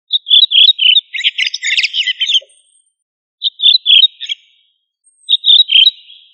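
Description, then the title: Thrush song: a long phrase of clear whistled notes running into a dense, scratchy warble, then silence and two shorter whistled phrases about two seconds apart. "Familia Turdidae - Sabia"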